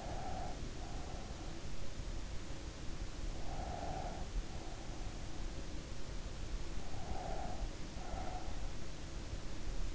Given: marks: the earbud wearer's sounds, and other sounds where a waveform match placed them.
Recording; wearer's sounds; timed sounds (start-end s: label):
sounds in sleep by an in-ear microphone; breath
0.00-1.68 s: breath
3.48-5.40 s: breath
7.07-8.83 s: breath